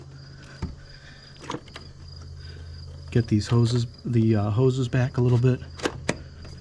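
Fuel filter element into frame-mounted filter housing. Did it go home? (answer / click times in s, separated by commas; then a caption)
yes / 5.9 s, 6.1 s. A new fuel filter element for a 6.7 Powerstroke is pushed into its frame-mounted filter housing after the hoses are moved aside, while someone talks over a steady background hum. The filter clicks into place at 5.9 s and 6.1 s, seating fully in the housing.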